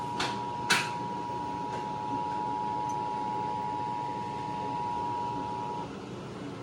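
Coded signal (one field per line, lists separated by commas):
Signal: Emergency Alert System (SAME) tones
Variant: 853 and 960 Hz attention tone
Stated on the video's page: Severe thunderstorm warning aired on a Fort Worth, Texas television station.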